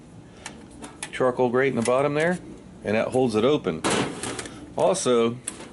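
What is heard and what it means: A collapsible metal charcoal chimney starter is handled while being set up, with its folding side handle not yet in its spring detent. Someone talks throughout, with brief sharp handling knocks near 0.5, 0.8 and 1.0 seconds and again near 4.2 and 4.4 seconds. The clip ends before the handle seats, so nothing has clicked into place yet.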